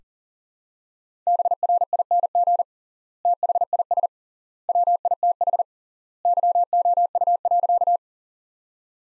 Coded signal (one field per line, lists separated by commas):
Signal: Morse code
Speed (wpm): 40 wpm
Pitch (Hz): 700 Hz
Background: none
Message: BRING THIS WITH YOU.